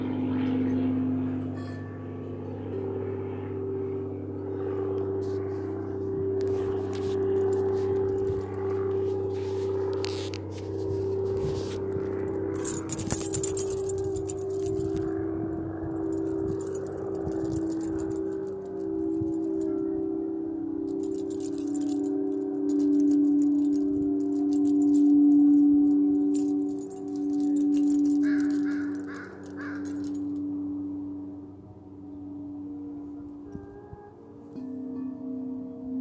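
Singing bowls hum in long, steady tones that overlap and swell through the whole stretch, with a low drone underneath. Bright metallic jingles, like a bracelet or chimes, scatter across the top, thickest around 13 seconds and again between 20 and 30 seconds.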